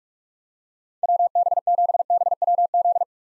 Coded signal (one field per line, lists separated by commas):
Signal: Morse code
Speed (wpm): 45 wpm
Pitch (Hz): 700 Hz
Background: none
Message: WB7BWZ